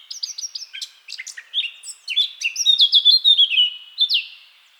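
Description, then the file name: Eurasian blackcap song: quick scratchy twittering that builds into a run of louder, flowing fluty whistles. "Sylvia atricapilla"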